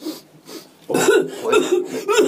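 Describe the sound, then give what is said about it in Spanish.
Someone chokes and coughs on a swallowed chickpea while eating cocido: a quiet, breathy start gives way to a run of four or five harsh, strained cough bursts, fairly loud and uneven in rhythm. “¿Qué te ahogas? ¿Te ahogas, chico? Uy, espera, que se me ha tragado un garbanzo, niño.”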